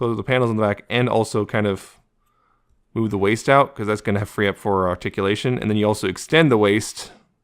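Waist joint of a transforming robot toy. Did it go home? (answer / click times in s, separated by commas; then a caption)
no / none. Someone talks while handling the waist joint of a plastic transforming robot toy, closing its back panels and moving the waist section out to extend it. Only speech is heard, with a short pause, and no distinct click stands out. Nothing has seated or clicked yet.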